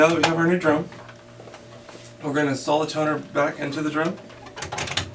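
Someone talks while a plastic toner cartridge is being installed back into the drum unit of a Dell 2330 (PK496) laser printer, with brief plastic handling taps near the end. The cartridge has not clicked or seated into the drum unit yet.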